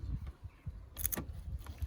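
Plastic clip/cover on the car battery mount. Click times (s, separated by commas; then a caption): 1.1 s. During a battery replacement on an Opel Combo 1.3 City Plus, a plastic clip or cover on the car battery mount is pressed into place. A sharp, bright click rings out at 1.1 s over a low rumble, and the part is seated.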